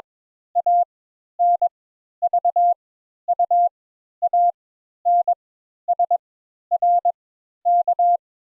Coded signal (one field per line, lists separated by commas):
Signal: Morse code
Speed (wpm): 21 wpm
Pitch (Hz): 700 Hz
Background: none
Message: A N V U A N S R K